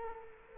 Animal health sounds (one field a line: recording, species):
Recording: mosquito wingbeat signal from an infrared sensor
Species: Culex quinquefasciatus